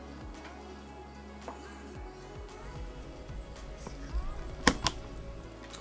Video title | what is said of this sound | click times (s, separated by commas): Best Video Editing and Rendering PC for under $2000 / Best bang for your buck FAST!!!!!!! | hear that click that means it's seated | 4.7 s, 4.9 s